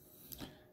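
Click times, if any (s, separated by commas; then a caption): 0.3 s. A plastic accessory piece is squeezed and pried apart slightly, then snapped onto a PVC anime figure. A sharp click sounds at 0.3 s, with a second broader tick around 0.4 s, over a quiet background. The piece seats into place.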